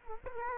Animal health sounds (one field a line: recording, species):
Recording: mosquito wingbeat signal from an infrared sensor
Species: Culex quinquefasciatus